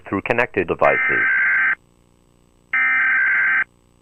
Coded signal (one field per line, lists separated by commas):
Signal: Emergency Alert System (SAME) tones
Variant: header bursts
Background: speech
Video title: EAS alarm with youtuber intro for @AAAshley86ThuNderBirD